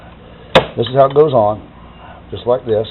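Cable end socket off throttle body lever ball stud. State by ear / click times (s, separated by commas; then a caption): released / 0.6 s. On a 2006 Escape, the plastic throttle cable end is pushed down off the ball stud on the throttle body lever, and it releases with one sharp pop at 0.6 s. Someone then talks.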